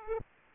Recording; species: mosquito wingbeat signal from an infrared sensor; Aedes aegypti